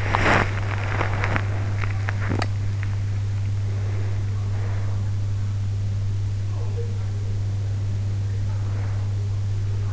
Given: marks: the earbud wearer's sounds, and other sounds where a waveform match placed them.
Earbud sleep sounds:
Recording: sounds in sleep by an in-ear microphone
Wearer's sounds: body movement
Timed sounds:
0.00-3.30 s: body movement
6.15-7.43 s: sound from someone else or the room

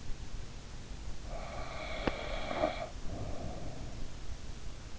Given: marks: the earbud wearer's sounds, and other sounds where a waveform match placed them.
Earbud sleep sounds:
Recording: sounds in sleep by an in-ear microphone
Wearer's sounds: snoring breath, teeth grinding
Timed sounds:
1.17-4.07 s: snoring breath
2.02-2.22 s: teeth grinding

